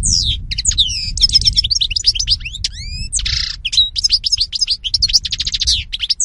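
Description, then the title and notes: European goldfinch in continuous fast twittering song of sliding high notes and trills, broken by a short harsh buzz midway, with faint low rumble beneath. Spanish goldfinch lure call (reclamo). "JUNIO 2014. Reclamo jilguero espaÑol. La Mañana"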